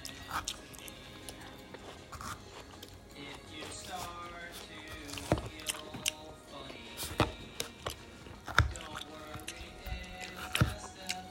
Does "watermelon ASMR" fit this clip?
yes